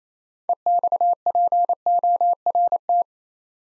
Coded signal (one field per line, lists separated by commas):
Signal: Morse code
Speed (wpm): 27 wpm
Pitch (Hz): 700 Hz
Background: none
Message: EXPORT